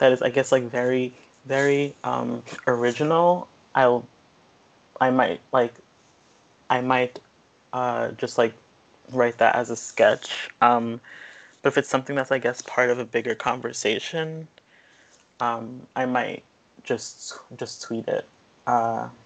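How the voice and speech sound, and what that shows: Adult woman speaking with a stutter she has had since age 3: repetitions of whole words and phrases, prolonged sounds, and long pauses and blocks within conversational speech.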